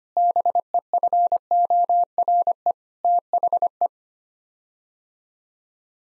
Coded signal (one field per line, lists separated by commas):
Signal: Morse code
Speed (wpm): 25 wpm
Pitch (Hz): 700 Hz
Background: none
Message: BEFORE THE